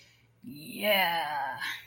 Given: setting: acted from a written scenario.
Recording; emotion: vocal sound without words; pride